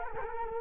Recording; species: mosquito wingbeat signal from an infrared sensor; Culex quinquefasciatus